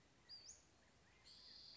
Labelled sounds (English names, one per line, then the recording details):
Western Flycatcher
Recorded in Sonoma County, California